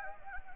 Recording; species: mosquito wingbeat signal from an infrared sensor; Anopheles arabiensis